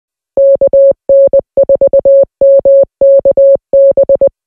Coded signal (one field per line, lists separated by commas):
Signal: Morse code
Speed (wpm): 20 wpm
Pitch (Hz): 550 Hz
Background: music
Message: KN4MKB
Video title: How to Send EMAIL and SMS Text with APRS